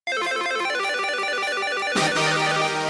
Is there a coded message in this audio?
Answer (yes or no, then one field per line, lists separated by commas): no